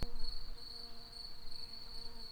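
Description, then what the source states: Early bumblebee buzz, a steady low droning hum held throughout. Worker early bumblebees (Bombus pratorum).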